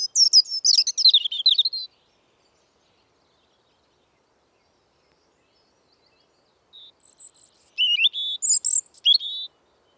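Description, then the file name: European robin song in two phrases separated by several seconds of silence, each a quick tumbling series of high warbled and trilled notes. "Erithacus rubecula"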